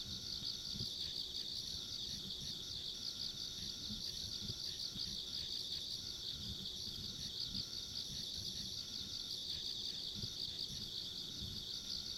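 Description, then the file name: Many insects chirring together in an unbroken high buzz with quick regular pulses, a faint higher whine, and low muffled noise underneath. Ambient insect sounds recorded along a rural country road. "田舎道の虫の環境音"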